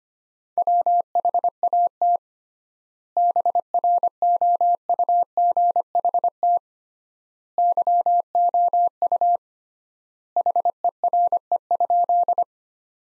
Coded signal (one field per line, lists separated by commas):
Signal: Morse code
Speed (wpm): 25 wpm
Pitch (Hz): 700 Hz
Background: none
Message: WHAT BROUGHT YOU HERE?